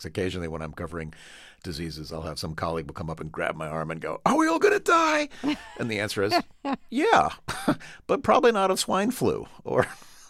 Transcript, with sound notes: Occasionally, when I'm covering diseases, I'll have - some colleague will come up and grab my arm and go, are we all going to die?
(Laughter).
And the answer is yeah (laughter) - but probably not of swine flu or